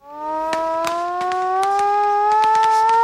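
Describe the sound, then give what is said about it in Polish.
A civil defense siren in Piła, Poland, sounds at 17:00 on 1 August for the Warsaw Uprising anniversary, wailing in one long, steady tone, its pitch creeping slowly upward. Scattered sharp clicks and taps cut through, with no one speaking. “W Pile też punktualnie o 17 zawoły syreny, a mieszkańcy utworzyli żywą kotwicę, znak Polski walczącej.”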